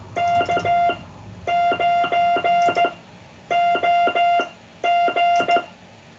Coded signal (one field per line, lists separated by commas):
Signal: Morse code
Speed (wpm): 14 wpm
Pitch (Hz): 700 Hz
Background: none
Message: K9OG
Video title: The fith COOL CW Practice aired on the 26th September 2024